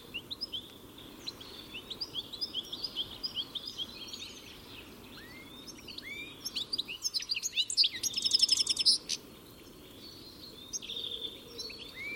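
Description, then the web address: Bird calls as a stream of high, swooping chirps, growing busier with a fast harsh rattle near eight seconds, then easing off. "cianscape birddata Deverinetal 2025 Bird Only Ca Ca Ca Ca"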